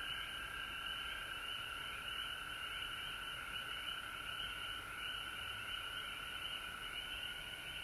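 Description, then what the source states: Chorus of frogs: continuous ringing trills with many quick upslurred peeps overlapping throughout, no pauses. Recorded at home in Georgia on March 19, 2020.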